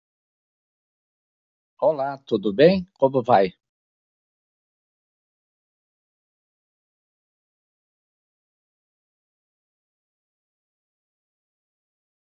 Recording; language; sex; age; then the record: spoken sentence; Brazilian Portuguese; male; 60 to 69 years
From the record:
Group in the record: control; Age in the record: 64 years